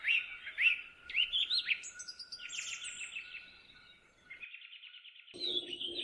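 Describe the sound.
Bird song with rising whistled notes, high thin descending phrases, a run of rapid repeated chips, and an even trill near the close.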